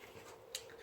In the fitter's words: I just got a click right there.